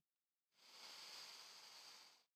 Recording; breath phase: one breath near a microphone; inhalation